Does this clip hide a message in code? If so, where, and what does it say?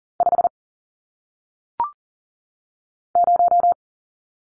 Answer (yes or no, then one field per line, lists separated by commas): yes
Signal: Morse code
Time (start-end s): 0.2-3.7 s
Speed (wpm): 40 wpm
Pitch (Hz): 700 Hz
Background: none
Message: 5 0